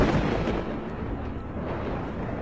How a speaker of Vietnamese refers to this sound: Trận đồ bị phá, trên trời sấm sét vẫn cứ vằn vẹn lên đùng đùng.